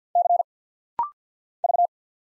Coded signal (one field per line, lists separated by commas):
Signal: Morse code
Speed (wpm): 48 wpm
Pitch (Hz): 700 Hz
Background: none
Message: C V